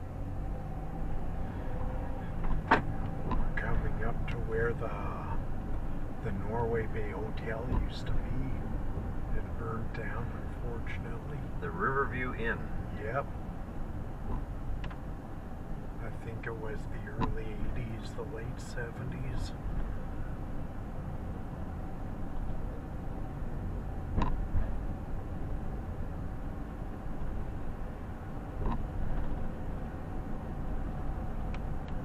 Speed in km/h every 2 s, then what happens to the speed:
19, 18, 25, 27, 29, 28, 27, 26, 25, 26, 27, 28, 31, 29, 30, 30.
3-7 speeds up to 29. 7-32 steady at about 28.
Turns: none.